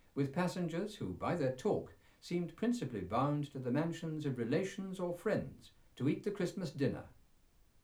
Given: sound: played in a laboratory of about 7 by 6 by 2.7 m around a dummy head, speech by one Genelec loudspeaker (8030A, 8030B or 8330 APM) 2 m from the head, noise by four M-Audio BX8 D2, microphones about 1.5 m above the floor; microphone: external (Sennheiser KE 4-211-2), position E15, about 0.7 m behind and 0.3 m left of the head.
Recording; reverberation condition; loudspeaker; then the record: male speech in English; low; 90 degrees to the right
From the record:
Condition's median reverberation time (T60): about 310 ms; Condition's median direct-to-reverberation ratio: about 3.5 dB